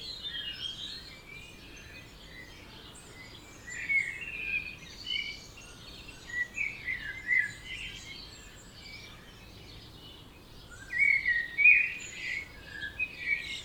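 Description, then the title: Birds in a dawn chorus, many thin high chirps and trills overlapping, some louder bursts of twittering among quieter background song. Dawn chorus at 4am in Oberhofen, Inntal valley, Austria; binaural recording. "Birds Oberhofen Inntal Austria - 4am - binaural version"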